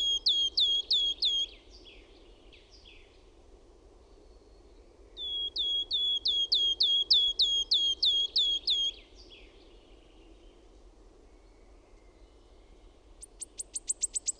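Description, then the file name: Wood warbler song phrases: sharp, high, downslurred ticking notes repeated in two separate bouts, with a rapid series of notes near the end. "SIRITTAJA"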